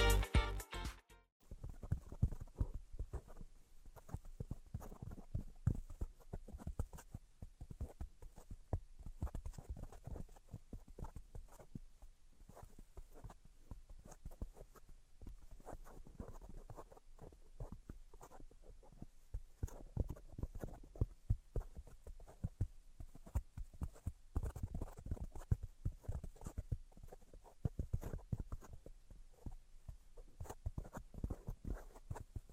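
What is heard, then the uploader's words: Quick, irregular tapping and scratching clicks patter densely throughout, after a brief louder burst at the start, over a faint steady hiss. Tapping, Scratching, and Tracing Sounds.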